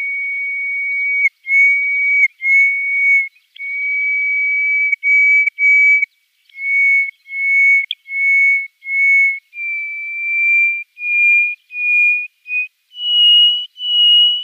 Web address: Schulze Peter Hoopoe-Lark song